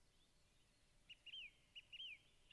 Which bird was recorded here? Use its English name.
Song Thrush